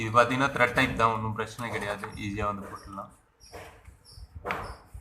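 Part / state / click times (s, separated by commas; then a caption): water inlet hose coupling on a washing machine inlet valve / seated / 4.5 s. Someone talks while a threaded water inlet hose coupling is screwed back onto the inlet valve of an LG front-loading washing machine. A short, sharp click at 4.5 s marks the coupling locking correctly up to the green mark.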